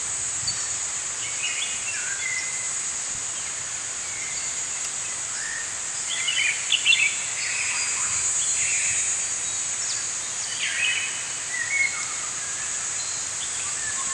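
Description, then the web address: Bird song, busy clusters of chirps and warbled notes, densest around the middle, set against a continuous shrill insect background. Morning birds singing in a forest. "Dr Sound Effects. Morning Birds Singing In a Forest"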